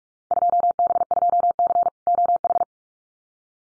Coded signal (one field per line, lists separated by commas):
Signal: Morse code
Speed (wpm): 44 wpm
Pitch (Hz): 700 Hz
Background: none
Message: 2B2C OH